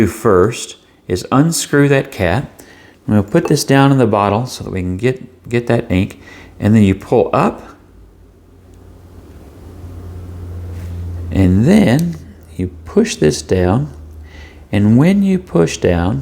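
Someone talks while a Wing Sung 3013 vacuum-filling fountain pen is uncapped and its nib is set down in an ink bottle, then the plastic plunger rod is pulled up in the barrel. A quieter stretch with faint rustling noise falls between about 8 and 11 seconds. The plunger has not been pushed down yet, so nothing has clicked or filled.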